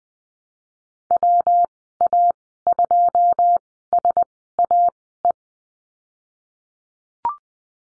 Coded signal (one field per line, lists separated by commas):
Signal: Morse code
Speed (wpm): 19 wpm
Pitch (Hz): 700 Hz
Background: none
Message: WA2SAE